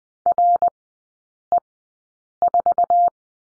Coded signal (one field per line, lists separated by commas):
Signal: Morse code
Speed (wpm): 20 wpm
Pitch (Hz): 700 Hz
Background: none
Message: RE4